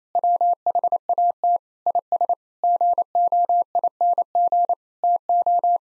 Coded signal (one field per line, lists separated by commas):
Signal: Morse code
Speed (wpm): 28 wpm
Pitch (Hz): 700 Hz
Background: none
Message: WHAT IS GOING TO